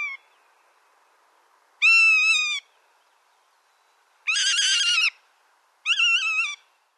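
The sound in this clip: Rough-legged hawk calling: three drawn-out, squealing whistles with rich harmonics, each about three-quarters of a second, slightly wavering then dropping at the end, spaced by pauses.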